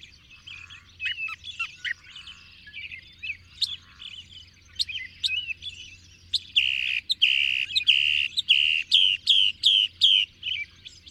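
Bird song starting with soft scattered chirps, building to a loud series of strong repeated notes near the end; faint hum in the background.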